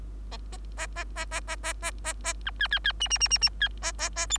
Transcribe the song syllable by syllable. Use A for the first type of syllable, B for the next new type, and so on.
A A A A A A A A A B C C C D D D D D C A A A E